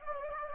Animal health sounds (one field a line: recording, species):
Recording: mosquito wingbeat signal from an infrared sensor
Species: Anopheles gambiae